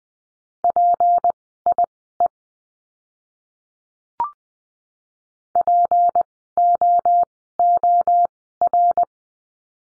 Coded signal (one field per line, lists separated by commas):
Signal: Morse code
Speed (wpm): 20 wpm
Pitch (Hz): 700 Hz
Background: none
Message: PIE POOR